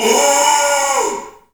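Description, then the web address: Kudu scream: one loud, harmonic, wailing cry that holds steady, then drops in pitch and fades away. Bull scream. "Spectrasonics - Heart of Africa 1 Partition C 07 KUDU FX BULLSCREM"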